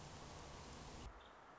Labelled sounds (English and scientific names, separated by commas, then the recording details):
Nuttall's Woodpecker (Dryobates nuttallii)
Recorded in Sonoma County, California